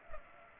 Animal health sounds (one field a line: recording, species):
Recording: mosquito wingbeat signal from an infrared sensor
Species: Culex pipiens